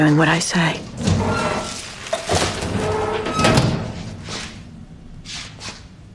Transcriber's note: soundbite of chute opening and closing